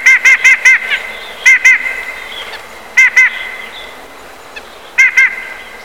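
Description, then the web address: Eurasian jay: four quick nasal notes, then doubled notes returning every one and a half to two seconds, faint background chirps. "peene na ptici soika"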